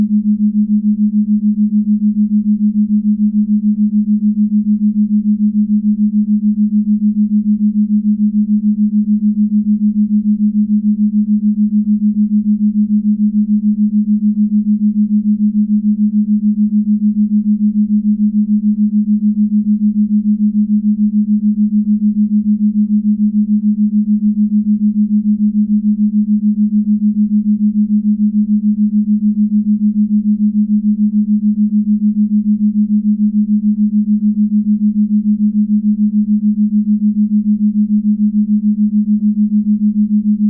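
A 6.8Hz theta wave tone: a single low, pure hum held perfectly steady for the full forty seconds, with no breaks or changes in pitch or loudness. A faint, soft murmur sits beneath it, and nothing bright or higher-pitched is heard.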